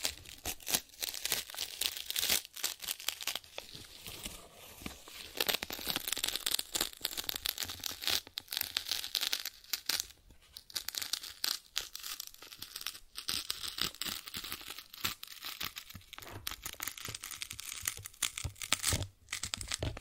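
Cardboard being scratched and torn, a dense run of rough, crackling strokes that barely pause across the whole stretch. The scraping is bright and hissy, with sharp rips and crinkles every fraction of a second and brief dips near ten and nineteen seconds.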